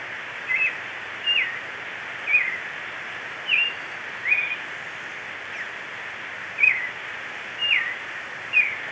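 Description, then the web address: Marañon thrush song: a run of brief rich whistled phrases, about one a second with a longer pause midway, over steady background hiss. Ecuador. "Birds of Ecuador. Marañon Thrush"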